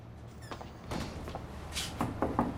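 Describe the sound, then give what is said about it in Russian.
A shop door creaks open with a short, squeaky groan as someone walks inside, followed by a few soft clunks and a brief rustle. Fairly quiet throughout, with no one speaking. “Открывает дверь, заходит внутрь, подходит к стойке.”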